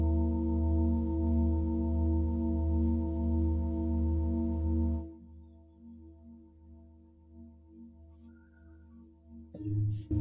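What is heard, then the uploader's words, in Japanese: A singing bowl hums with a deep, full drone and steady overtones for the first five seconds, slowly pulsing. Around five seconds it drops to a soft, lingering ring that fades gently, then a fresh low strike swells near the end. 朝焼けのメキシコから シンギングボウルのサウンドヒーリングライブ。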